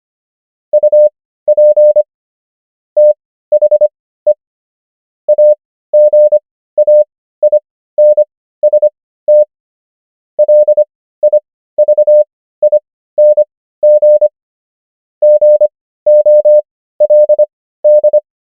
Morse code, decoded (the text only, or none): UP THE AGAINST LIVING GOLD